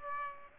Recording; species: mosquito wingbeat signal from an infrared sensor; Aedes aegypti